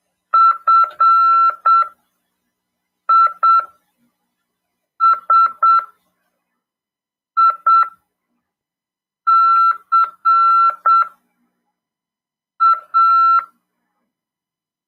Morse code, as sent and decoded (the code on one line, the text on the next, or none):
..-. .. ... .. -.-. .-
FISICA